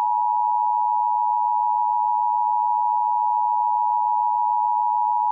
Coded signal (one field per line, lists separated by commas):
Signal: Emergency Alert System (SAME) tones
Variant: 853 and 960 Hz attention tone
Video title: EAS Recreation (08/04/12): A Wildfire & A Cold Front